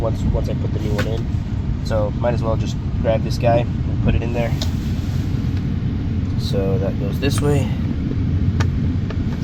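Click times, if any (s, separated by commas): 8.6 s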